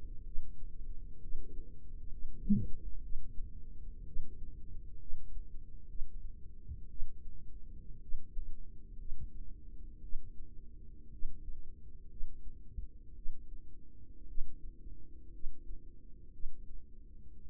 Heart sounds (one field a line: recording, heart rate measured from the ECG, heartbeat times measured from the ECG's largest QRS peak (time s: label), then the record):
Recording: heart sounds by microphone in the right ear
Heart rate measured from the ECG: 59 bpm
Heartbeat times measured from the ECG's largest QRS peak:
0.23 s: heartbeat
1.19 s: heartbeat
2.08 s: heartbeat
3.00 s: heartbeat
4.03 s: heartbeat
4.97 s: heartbeat
5.86 s: heartbeat
6.87 s: heartbeat
7.99 s: heartbeat
8.96 s: heartbeat
10.00 s: heartbeat
11.09 s: heartbeat
12.07 s: heartbeat
13.13 s: heartbeat
14.25 s: heartbeat
15.30 s: heartbeat
16.30 s: heartbeat
17.39 s: heartbeat
From the record:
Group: healthy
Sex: female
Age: 36 years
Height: 163 cm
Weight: 88 kg